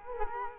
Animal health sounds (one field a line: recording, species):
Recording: mosquito wingbeat signal from an infrared sensor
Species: Culex quinquefasciatus